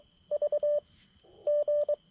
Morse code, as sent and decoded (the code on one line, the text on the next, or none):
...- / --.
V G